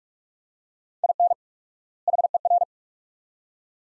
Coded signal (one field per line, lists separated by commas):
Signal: Morse code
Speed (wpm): 42 wpm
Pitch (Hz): 700 Hz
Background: none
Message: IN HER